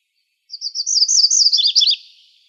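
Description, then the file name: MacGillivray's warbler singing one short, high chattering phrase of quick repeated notes that slurs lower toward a buzzy ending, in otherwise quiet surroundings. Arizona, 17 May 2006. "MGWA 3 deviche"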